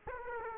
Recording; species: mosquito wingbeat signal from an infrared sensor; Aedes aegypti